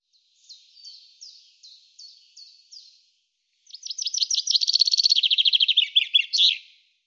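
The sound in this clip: Common chaffinch song: a slow series of thin, down-slurred notes comes first. After a pause, a full phrase of accelerating notes builds into a dense trill and ends in a flourish.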